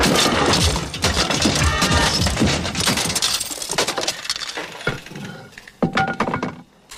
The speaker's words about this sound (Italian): Ho fatto fuori la tua radio di merda.